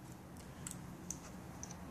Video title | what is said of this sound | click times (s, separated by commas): Japanese Type 11 LMG Disassembly and Reassembly | up and snap into place and that's spring loaded these do break so | 1.1 s